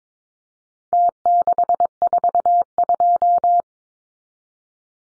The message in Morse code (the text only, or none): T642